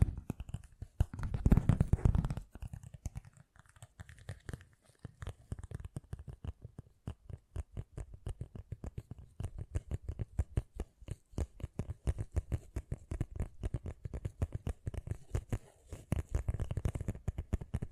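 Fast, gentle tapping runs through the whole 18 seconds in dense, quick strokes with a soft, low, thudding body. A louder, rougher burst near the start, around one to two seconds, stands out, and the taps swell slightly again toward the end.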